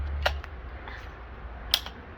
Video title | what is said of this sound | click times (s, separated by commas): Malaxor Parkside PDRW 1800 B1 (Twin Paddle Mixer) | a făcut click și Este gata conectat pentru lucru aici | 1.7 s